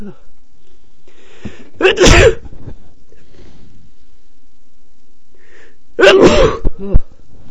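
A man sneezes three times, each a sharp, loud burst separated by a few seconds of quiet.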